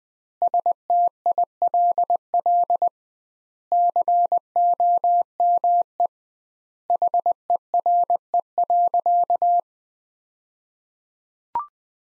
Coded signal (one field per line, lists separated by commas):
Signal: Morse code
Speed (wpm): 20 wpm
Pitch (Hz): 700 Hz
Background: none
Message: STILL COME HERE.